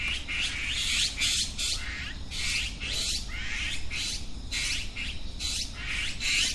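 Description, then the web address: Azure-winged magpie giving harsh, raspy squawks in quick runs, with a steady low rumble underneath. Recorded March 2009. "saezuri onaga 200903 kubo"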